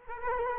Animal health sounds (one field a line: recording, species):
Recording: mosquito wingbeat signal from an infrared sensor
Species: Culex quinquefasciatus